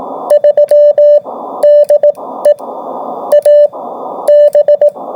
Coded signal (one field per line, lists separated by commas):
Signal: Morse code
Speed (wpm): 18 wpm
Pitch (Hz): 590 Hz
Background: none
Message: 3 DE AB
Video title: AB4WS RADIO SHOW 2025 11 07